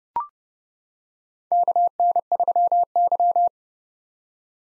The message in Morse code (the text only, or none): KN3Y